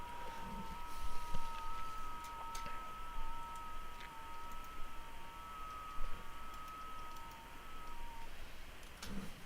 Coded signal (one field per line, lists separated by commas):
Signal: FT8